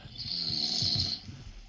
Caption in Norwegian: Det høres ut som et dyr som snorker. Det jeg som snorker.